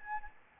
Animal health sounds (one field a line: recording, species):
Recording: mosquito wingbeat signal from an infrared sensor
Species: Anopheles gambiae